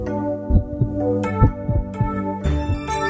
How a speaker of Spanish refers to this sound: Escuchando cada un latido de mi corazón.